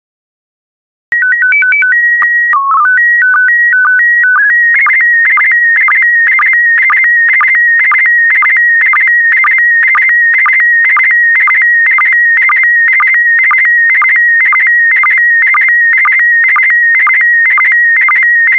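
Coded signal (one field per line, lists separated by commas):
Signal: SSTV (slow-scan television)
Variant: PD120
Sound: stepping header tones, then a steady warbling whistle with regular short ticks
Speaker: 5, 4, 3, 2, 1. Transmission complete. You can now check your decoded image against the picture that is shown on the video.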